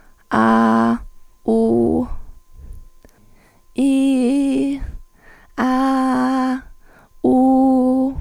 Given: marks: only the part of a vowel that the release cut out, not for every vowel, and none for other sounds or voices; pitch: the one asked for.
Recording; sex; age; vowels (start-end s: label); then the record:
sustained vowels; female; 20 to 29 years
0.39-0.93 s: vowel /a/, low pitch
1.49-2.01 s: vowel /u/, low pitch
3.81-4.66 s: vowel /i/, low-high-low pitch
5.82-6.52 s: vowel /a/, low-high-low pitch
7.45-8.03 s: vowel /u/, low-high-low pitch
From the record:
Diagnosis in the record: healthy voice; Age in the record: 21 years